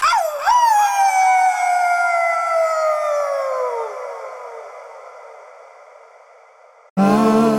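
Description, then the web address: Wolf howl: a brief rise, then a long, pure, gradually falling note that fades out over several seconds, before an abrupt loud noisy sound at the very end. "SHO. wolves"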